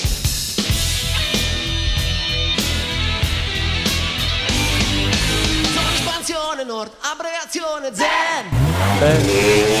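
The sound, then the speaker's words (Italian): Loud, continuous engine roar from large-displacement motorcycles racing by in the Zen 2 neighbourhood, with rising and falling whines near the end as bikes rev and zoom past one after another. “Ma com'è che vanno tutti con la moto qua, che sfrecciano con la moto?”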